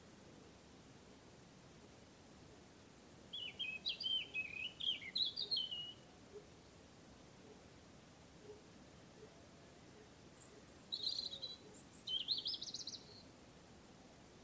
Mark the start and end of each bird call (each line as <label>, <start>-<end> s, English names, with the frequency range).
European Robin (1.8-5.3 kHz), 3.35-6.13 s
European Robin (2.6-9.7 kHz), 10.37-13.01 s